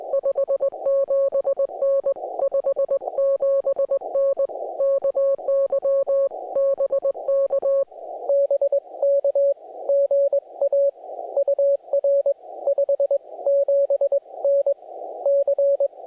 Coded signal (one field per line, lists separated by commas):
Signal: Morse code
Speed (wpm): 20 wpm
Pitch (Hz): 560 Hz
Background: music, radio noise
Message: 57N 57N KY BK BK GA UR 57N C